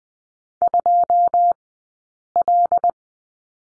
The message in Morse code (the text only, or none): 2L